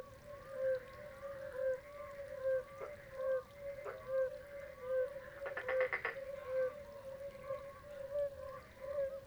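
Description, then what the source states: Oriental fire-bellied toads in a chorus of soft, hollow repeated notes at a steady pace, with a short burst of rapid rattling near the middle. Several toads singing at Xi Shan, 18 April 2026, 19:20 in the evening.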